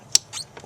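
A trailer wiring harness plug is pushed into the vehicle-side harness connector on a 2003 Jeep Liberty until it clicks and locks in place. A sharp click sounds at 0.2 s, followed by a softer rustle and a faint tap near 0.6 s. The connector is seated.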